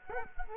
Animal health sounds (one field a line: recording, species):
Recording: mosquito wingbeat signal from an infrared sensor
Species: Culex quinquefasciatus